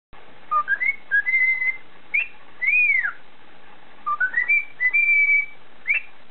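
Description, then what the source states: Cockatiel whistled phrases with rising slurred notes, short chirps and arching downslurred whistles, separated by short pauses. Whistling (siulan) by a cockatiel.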